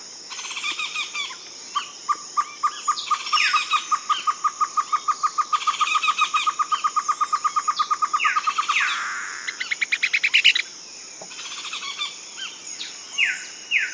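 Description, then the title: Great antshrike giving a long series of rapid notes, with other birds' slurred calls in the background. Subspecies semifasciatus. "LuckyPassaro Completos2Sama. Great Antshrike (Taraba major semifasciatus)"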